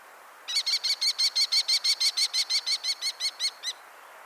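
Kestrel call, a rapid even series of many sharp high 'kee' notes lasting around three seconds, over steady background hiss.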